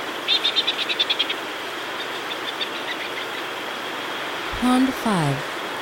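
Cook's petrel giving a rapid, high chattering series of several sharp notes over a steady rushing background, followed later by a lower sound that falls in pitch.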